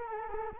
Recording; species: mosquito wingbeat signal from an infrared sensor; Culex quinquefasciatus